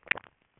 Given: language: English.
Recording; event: throat vibration sensor signal played as sound; swallow